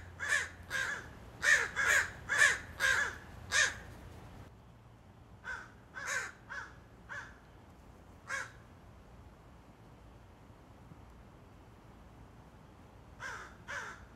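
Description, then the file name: Crow caws, harsh and hoarse, in quick bursts of seven then several scattered calls, pausing for long gaps before two more caws near the end. "Crows Cawing"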